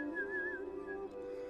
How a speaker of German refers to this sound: Dann drehte er sich um und ging fröhlich pfeifend Richtung Tunnelausgang.